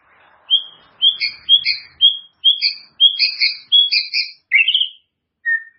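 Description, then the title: White-rumped shama song: a quick series of varied clear whistled notes, some rising and some falling, ending in a lower slurred note. "murai batu"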